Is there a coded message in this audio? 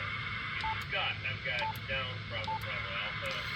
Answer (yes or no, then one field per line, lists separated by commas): no